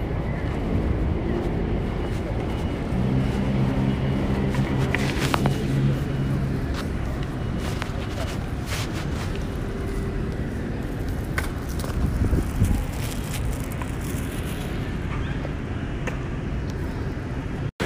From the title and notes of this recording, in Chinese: S4新竹火車站EP2路口。機械。